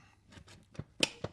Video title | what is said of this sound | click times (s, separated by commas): Bowflex Revolution Preacher Curl | and it clicks into place you can hear it you can feel it and then reach up there | 1.0 s